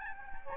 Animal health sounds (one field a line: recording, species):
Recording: mosquito wingbeat signal from an infrared sensor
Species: Aedes albopictus